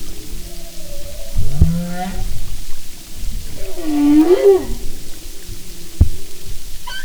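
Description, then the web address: Humpback whale song units: low moaning tones with a rising, bending upsweep near the middle, plus faint higher harmonic wails and occasional clicks underwater. "Sound and Marine Mammals humpback"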